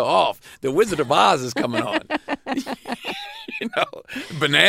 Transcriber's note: laughter